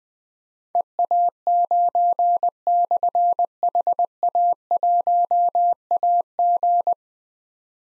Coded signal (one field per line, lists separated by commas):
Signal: Morse code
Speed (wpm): 20 wpm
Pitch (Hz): 700 Hz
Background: none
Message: EA9/HA1AG